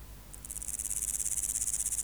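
Grasshopper (Omocestus antigai): grasshopper stridulation, a dry, hissing buzz made of rapid, even pulses that starts after a brief pause and runs steadily to the end.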